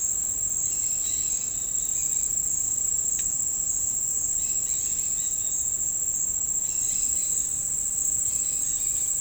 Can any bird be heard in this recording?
yes